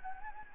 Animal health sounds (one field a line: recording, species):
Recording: mosquito wingbeat signal from an infrared sensor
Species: Anopheles gambiae